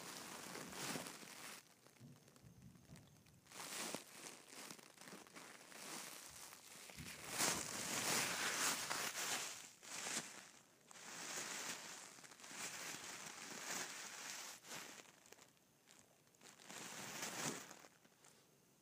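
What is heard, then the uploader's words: Paper rustles and crinkles as a gift is wrapped in tissue, in bursts of crisp crackling with brief pauses between them. The busiest stretch comes around seven to ten seconds, with sharp, bright crinkles returning near thirteen and seventeen seconds. ASMR Gift Wrapping and Tissue Paper.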